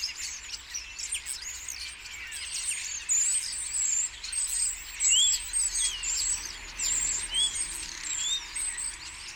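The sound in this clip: Common starlings chattering, with several loud clear whistles, some rising and some slurred, over a constant background of clicks and squeaky notes.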